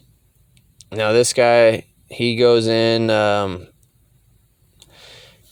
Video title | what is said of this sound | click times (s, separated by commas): 2019 CHEVY MALIBU BATTERY REPLACEMENT | in onto the uh onto the side and then it'll just clip into place | 0.8 s